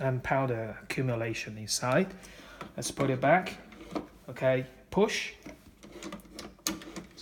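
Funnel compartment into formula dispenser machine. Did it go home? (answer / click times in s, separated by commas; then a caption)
yes / 6.7 s. Someone talks while a cleaned plastic funnel compartment of a Milking Pro Smart baby formula dispenser is pushed back into the machine. A few faint knocks lead up to a sharp click at 6.7 s, confirming the compartment is seated in the right position.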